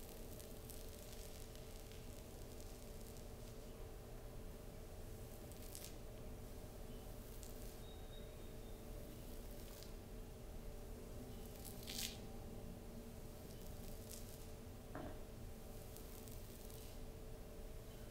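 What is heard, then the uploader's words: A slow, gentle back scratch over fabric. A steady low hum and soft hiss run throughout, with light scratchy brushing strokes and occasional brief crisp rustles, notably around 6, 12 and 15 seconds. Slow, gentle back scratch with fabric sounds no whisper.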